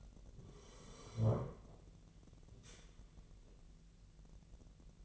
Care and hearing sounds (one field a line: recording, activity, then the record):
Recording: daily activity, microphone in the room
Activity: sit down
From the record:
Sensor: 4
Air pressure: 1002.4 hPa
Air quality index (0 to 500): 248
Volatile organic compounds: 38 ppm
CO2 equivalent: 3108 ppm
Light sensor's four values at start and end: 11/26/11/11 and 11/26/10/10